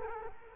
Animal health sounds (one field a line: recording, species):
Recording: mosquito wingbeat signal from an infrared sensor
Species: Culex quinquefasciatus